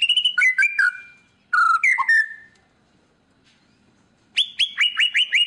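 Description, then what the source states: White-rumped shama song: short bursts of clicks and fluty whistles, a pause, then a quick run of repeated descending whistled notes. Lure song of an actively singing ('gacor') murai batu, said to make birds respond at once on one hearing.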